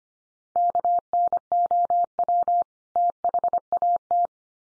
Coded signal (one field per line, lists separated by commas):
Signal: Morse code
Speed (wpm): 25 wpm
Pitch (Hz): 700 Hz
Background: none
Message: KNOW THAT